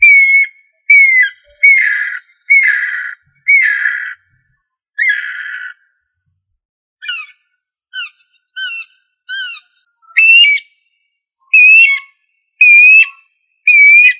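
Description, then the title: Bird song in whistled phrases: harsh buzzy notes first, then short clipped whistles, then clear rising-falling whistles repeated about once a second. "LuckyPassaro Completos2Sama"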